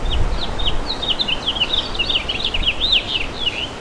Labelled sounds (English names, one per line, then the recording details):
House Finch song
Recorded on Long Island, New York, on 11 June 2012
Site OP
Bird A